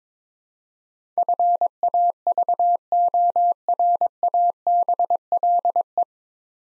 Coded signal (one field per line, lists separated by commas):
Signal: Morse code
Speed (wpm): 22 wpm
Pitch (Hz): 700 Hz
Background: none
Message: FAVORABLE